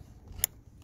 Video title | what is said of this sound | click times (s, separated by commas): Toyota Avensis Broken Door Mirror Replacement Job. How to Change the Side Mirror on Toyota Avensis | Hear the click. | 0.4 s